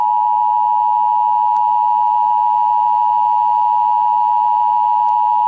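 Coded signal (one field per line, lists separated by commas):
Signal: Emergency Alert System (SAME) tones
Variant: 853 and 960 Hz attention tone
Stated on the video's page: Prank nuclear bomb EAS alert, stated to contain valid EAS tones.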